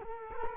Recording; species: mosquito wingbeat signal from an infrared sensor; Culex quinquefasciatus